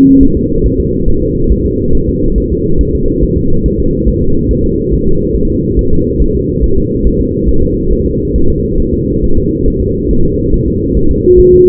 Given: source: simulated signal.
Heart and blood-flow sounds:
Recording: fetal heart sounds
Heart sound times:
0.23 s: S1
0.37 s: S2
0.66 s: S1
0.80 s: S2
1.09 s: S1
1.23 s: S2
1.52 s: S1
1.66 s: S2
1.95 s: S1
2.09 s: S2
2.38 s: S1
2.52 s: S2
2.81 s: S1
2.95 s: S2
3.24 s: S1
3.38 s: S2
3.66 s: S1
3.80 s: S2
4.08 s: S1
4.22 s: S2
4.51 s: S1
4.65 s: S2
4.94 s: S1
5.07 s: S2
5.36 s: S1
5.50 s: S2
5.79 s: S1
5.93 s: S2
6.22 s: S1
6.36 s: S2
6.64 s: S1
6.78 s: S2
7.07 s: S1
7.21 s: S2
7.49 s: S1
7.63 s: S2
7.93 s: S1
8.06 s: S2
8.36 s: S1
8.50 s: S2
8.80 s: S1
8.94 s: S2
9.24 s: S1
9.38 s: S2
9.68 s: S1
9.82 s: S2
10.11 s: S1
10.25 s: S2
10.54 s: S1
10.68 s: S2
10.97 s: S1
11.11 s: S2
11.40 s: S1
11.54 s: S2
From the record:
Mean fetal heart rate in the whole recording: 140 bpm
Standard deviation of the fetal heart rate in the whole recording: 2 bpm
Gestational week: 34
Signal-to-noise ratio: -17.7 dB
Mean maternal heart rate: 72 bpm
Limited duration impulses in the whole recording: present

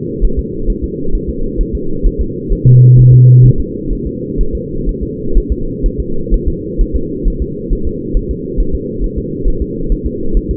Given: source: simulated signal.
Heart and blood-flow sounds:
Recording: fetal heart sounds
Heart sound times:
0.25 s: S1
0.39 s: S2
0.70 s: S1
0.84 s: S2
1.15 s: S1
1.30 s: S2
1.61 s: S1
1.75 s: S2
2.06 s: S1
2.21 s: S2
2.53 s: S1
2.67 s: S2
2.99 s: S1
3.13 s: S2
3.46 s: S1
3.60 s: S2
3.93 s: S1
4.07 s: S2
4.41 s: S1
4.55 s: S2
4.89 s: S1
5.03 s: S2
5.37 s: S1
5.52 s: S2
5.86 s: S1
6.00 s: S2
6.34 s: S1
6.48 s: S2
6.81 s: S1
6.96 s: S2
7.28 s: S1
7.42 s: S2
7.73 s: S1
7.87 s: S2
8.17 s: S1
8.31 s: S2
8.60 s: S1
8.75 s: S2
9.04 s: S1
9.18 s: S2
9.48 s: S1
9.62 s: S2
9.92 s: S1
10.06 s: S2
10.37 s: S1
10.51 s: S2
From the record:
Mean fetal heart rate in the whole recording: 130 bpm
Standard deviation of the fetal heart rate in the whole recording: 4 bpm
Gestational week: 38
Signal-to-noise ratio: -8.1 dB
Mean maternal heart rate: 72 bpm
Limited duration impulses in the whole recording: present

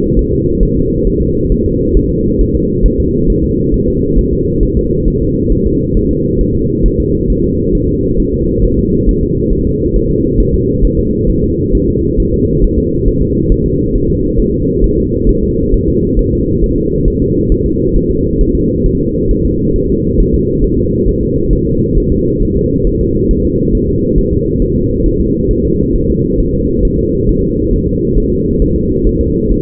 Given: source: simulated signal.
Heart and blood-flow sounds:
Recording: fetal heart sounds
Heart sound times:
0.19 s: S1
0.33 s: S2
0.63 s: S1
0.77 s: S2
1.07 s: S1
1.21 s: S2
1.52 s: S1
1.66 s: S2
1.97 s: S1
2.11 s: S2
2.41 s: S1
2.55 s: S2
2.86 s: S1
3.00 s: S2
3.30 s: S1
3.44 s: S2
3.74 s: S1
3.88 s: S2
4.19 s: S1
4.33 s: S2
4.63 s: S1
4.77 s: S2
5.08 s: S1
5.22 s: S2
5.52 s: S1
5.67 s: S2
5.97 s: S1
6.11 s: S2
6.41 s: S1
6.55 s: S2
6.86 s: S1
7.00 s: S2
7.30 s: S1
7.44 s: S2
7.75 s: S1
7.89 s: S2
8.20 s: S1
8.34 s: S2
8.64 s: S1
8.79 s: S2
9.09 s: S1
9.23 s: S2
9.53 s: S1
9.67 s: S2
9.96 s: S1
10.10 s: S2
10.40 s: S1
10.54 s: S2
10.85 s: S1
10.99 s: S2
11.30 s: S1
11.44 s: S2
11.75 s: S1
11.89 s: S2
12.20 s: S1
12.34 s: S2
12.64 s: S1
12.79 s: S2
13.08 s: S1
13.22 s: S2
13.52 s: S1
13.66 s: S2
13.95 s: S1
14.10 s: S2
14.39 s: S1
14.54 s: S2
14.84 s: S1
14.98 s: S2
15.29 s: S1
15.43 s: S2
15.74 s: S1
15.88 s: S2
16.19 s: S1
16.33 s: S2
16.64 s: S1
16.78 s: S2
17.08 s: S1
17.22 s: S2
17.52 s: S1
17.66 s: S2
17.96 s: S1
18.10 s: S2
18.41 s: S1
18.55 s: S2
18.86 s: S1
19.00 s: S2
19.31 s: S1
19.45 s: S2
19.76 s: S1
19.90 s: S2
20.20 s: S1
20.34 s: S2
20.64 s: S1
20.79 s: S2
21.08 s: S1
21.23 s: S2
21.53 s: S1
21.67 s: S2
21.98 s: S1
22.12 s: S2
22.42 s: S1
22.57 s: S2
22.87 s: S1
23.01 s: S2
23.31 s: S1
23.45 s: S2
23.75 s: S1
23.89 s: S2
24.18 s: S1
24.33 s: S2
24.62 s: S1
24.76 s: S2
25.06 s: S1
25.20 s: S2
25.51 s: S1
25.65 s: S2
25.96 s: S1
26.10 s: S2
26.40 s: S1
26.55 s: S2
26.85 s: S1
26.99 s: S2
27.29 s: S1
27.43 s: S2
27.73 s: S1
27.88 s: S2
28.18 s: S1
28.32 s: S2
28.62 s: S1
28.76 s: S2
29.07 s: S1
29.21 s: S2
29.52 s: S1
From the record:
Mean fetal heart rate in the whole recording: 135 bpm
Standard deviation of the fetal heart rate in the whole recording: 3 bpm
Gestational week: 36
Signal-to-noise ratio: -14.7 dB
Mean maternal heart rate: 72 bpm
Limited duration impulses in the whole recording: present

